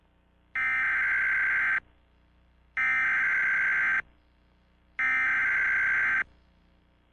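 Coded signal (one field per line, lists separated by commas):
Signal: Emergency Alert System (SAME) tones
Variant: header bursts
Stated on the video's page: Fictional EAS scenario, not a real alert.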